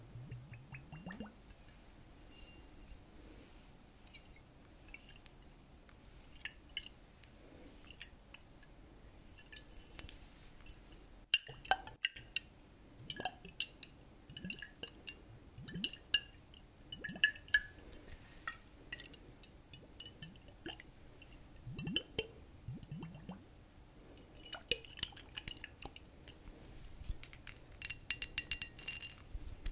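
Liquid sounds: irregular sloshing and wet squishes with frequent small clinks and drips, plus brief sharp taps near the end.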